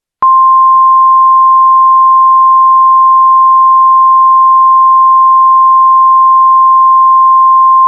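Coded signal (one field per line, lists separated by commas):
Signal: Emergency Alert System (SAME) tones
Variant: 1050 Hz attention tone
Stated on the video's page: Valid test Blue Alert SAME tones using new BLU code, sent over WLK61 transmitter in Henderson, Tennessee, after two failed attempts.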